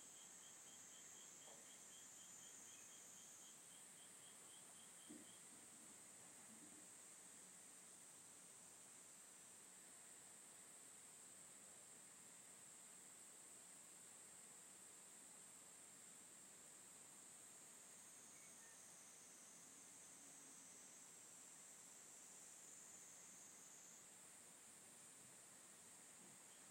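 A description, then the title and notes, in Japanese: A countryside evening, filled with a steady, dense chorus of insects, a high shrill hum that runs unbroken throughout. For the first five seconds a rapid, regular chirping sits just below it, and a few faint, brief knocks come through. 田舎の夕方。トーク無し.音のみ.生活音。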